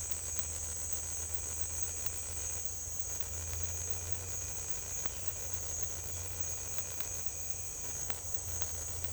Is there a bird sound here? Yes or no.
no